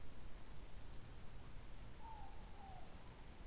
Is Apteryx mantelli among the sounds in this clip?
no